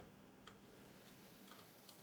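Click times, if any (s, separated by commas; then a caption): 0.5 s, 1.9 s. A 12-volt high-power cable plug is lined up with a graphics card's power socket and pushed in until it latches. Two sharp clicks are heard at 0.5 s and 1.9 s over a faint steady hum. The connector is seated.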